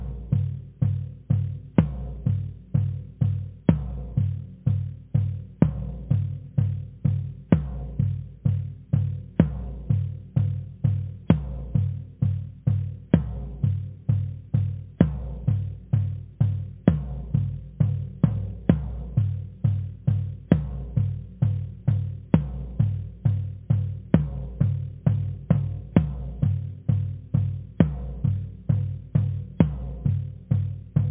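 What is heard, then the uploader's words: Steady drumming: deep, booming strikes repeat at an even, brisk pace, about two or three per second, for the full half-minute. Each hit lands sharply and rings down before the next, with little top end and no other sounds. DRUMMING.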